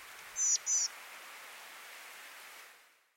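Rufous bush robin uttering two brief, high notes in quick succession, followed by quiet hiss that fades out.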